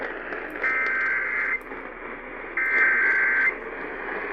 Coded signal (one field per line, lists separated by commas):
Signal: Emergency Alert System (SAME) tones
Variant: header bursts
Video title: Eas Fwd svr on wbap 820am, KSKY 660am, KLIF 570am Eas#1720- 1722)